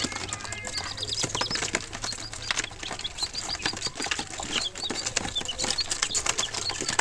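Chicks peep in quick high notes, scattered throughout, amid dense rapid clicking and popping with a faint low hum beneath.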